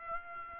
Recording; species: mosquito wingbeat signal from an infrared sensor; Aedes aegypti